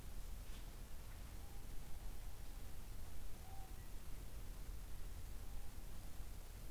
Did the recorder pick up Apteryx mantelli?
no